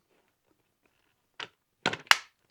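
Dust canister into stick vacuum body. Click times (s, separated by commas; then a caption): 1.9 s, 2.1 s. A plastic dust canister on a DIFFULL 550W 45KPA cordless stick vacuum is lined up by its tab and pressed onto the vacuum body until it locks in. A soft knock comes at about 1.4 s, then two sharp plastic clicks at 1.9 s and 2.1 s as the canister seats.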